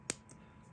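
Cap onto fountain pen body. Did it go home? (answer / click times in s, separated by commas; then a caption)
yes / 0.1 s. A cap is pushed onto the body of a fountain pen after some writing. It gives a sharp click at 0.1 s and a fainter tick at about 0.3 s. The cap clicks into place and seats as it should.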